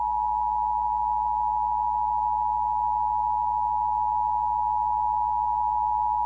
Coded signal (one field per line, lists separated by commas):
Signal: Emergency Alert System (SAME) tones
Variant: 853 and 960 Hz attention tone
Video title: EAS PDS Tornado Warning for Dale County, Alabama (EAS #112)